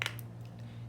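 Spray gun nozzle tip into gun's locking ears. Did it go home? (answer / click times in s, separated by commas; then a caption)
yes / 0.0 s. A fluid tip is slid onto a plastic spray gun cup system and locks into its small plastic locking ears, seating with a sharp click at 0.0 s. A second snap follows at 0.1 s, then a fainter tick around 0.2 s. A steady low hum continues underneath.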